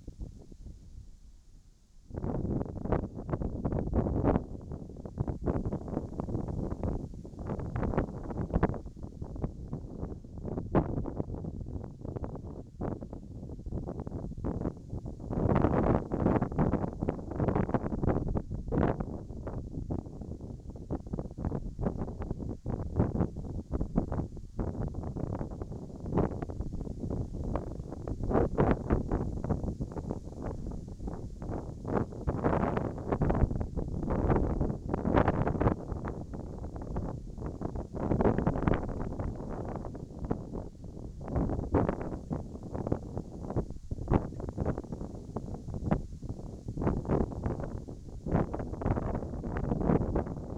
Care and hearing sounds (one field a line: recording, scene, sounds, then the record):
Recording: everyday scene through a hearing-aid microphone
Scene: wind on the microphone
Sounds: wind, whistling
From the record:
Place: in front of a rural house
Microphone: in the ear canal, right